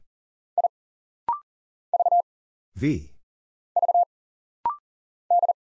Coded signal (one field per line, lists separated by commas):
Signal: Morse code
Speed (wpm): 40 wpm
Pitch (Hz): 700 Hz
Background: none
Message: I V V D